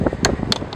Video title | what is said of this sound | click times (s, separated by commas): [HD 1080p] How to Replace Mazda 3 Transmission Mount | very careful to not damage the computer component you hear click when you push that small | 0.2 s, 0.5 s